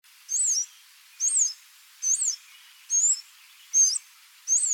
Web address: blue throated sunbird call